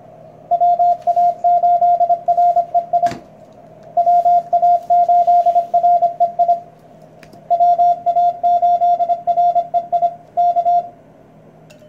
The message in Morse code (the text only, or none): WA8REI WA8REI WA8REI K